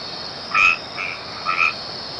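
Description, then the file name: White-edged treefrog calls: a few short, hollow knocking notes in quick succession over a steady high hiss. "Boana albomarginata"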